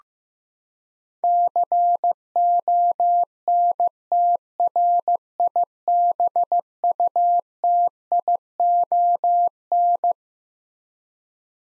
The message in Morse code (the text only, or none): CONTRIBUTION